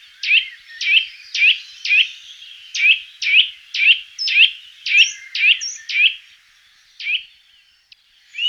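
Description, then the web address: Eurasian nuthatch call series: loud, clear whistled notes repeated about twice a second, then spaced out near the end, with faint higher chirps mixed in. Recorded in 2004. "singvoegel. gesang. roche 2004 kleiber"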